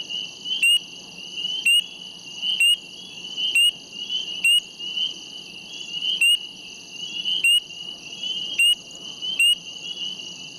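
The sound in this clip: Spring peeper: short, sharp peeps repeated roughly once a second over a steady, shrill high chorus.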